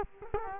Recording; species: mosquito wingbeat signal from an infrared sensor; Culex quinquefasciatus